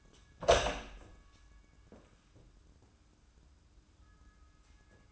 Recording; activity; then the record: daily activity, microphone in the room; open door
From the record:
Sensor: 2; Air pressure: 994.2 hPa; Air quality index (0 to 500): 208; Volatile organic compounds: 1000 ppm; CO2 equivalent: 6903 ppm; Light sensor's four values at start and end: 94/221/93/95 and 95/226/95/97